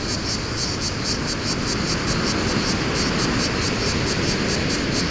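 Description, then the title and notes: Cicadas buzzing in high, pulsing bursts, partly masked by roaring wind and a low traffic rumble. Cicadas in a pine wood at Fontvieille, France, during mistral wind, some traffic; two Shure BG 4.0 microphones, DIY windshield, Tascam DA-P1 DAT recorder, excerpt from CD-R copy. "Fontvieille, France - Mistral et cigales. Le Mistral dans la pinède les cigales et insectes au sol , quelques bruits de circulation"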